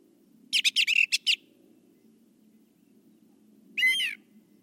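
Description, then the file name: Brown thrasher delivering a fast run of repeated high chips, then one longer buzzy phrase after a gap, over a low steady hum. "suara kicauan brown thrasher. omkicau"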